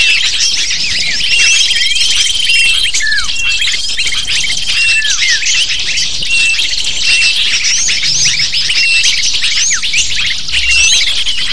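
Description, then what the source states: Lovebird flock calls, many high squeaky chirps piled on top of each other in an unbroken stream, with a few clearer falling notes standing out. Lure sound used to attract lovebirds.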